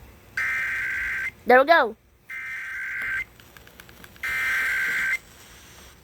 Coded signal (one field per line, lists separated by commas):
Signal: Emergency Alert System (SAME) tones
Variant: header bursts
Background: speech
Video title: Ohio rmt 07/09/25 eas idk